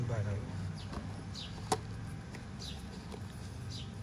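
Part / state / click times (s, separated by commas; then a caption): spray lance attachment into pressure washer gun / seated / 1.7 s. A spray lance attachment is reinserted into the gun of a 1500 W, 130 bar CPT52007 pressure washer for cars and solar panels, while someone talks. A sharp click at 1.7 s marks the attachment locking closed in the gun, seated again.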